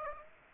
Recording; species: mosquito wingbeat signal from an infrared sensor; Aedes aegypti